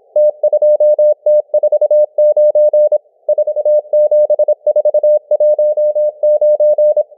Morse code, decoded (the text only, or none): T2T49 47419